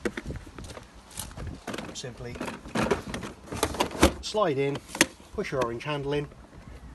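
Someone talks while the toilet waste cassette of an Elddis CV 40 Magnum GTV caravan is handled and slid back into its side bay, with the orange locking handle pushed in to the left. Short knocks and handling sounds come between the words. Nothing has seated or clicked yet.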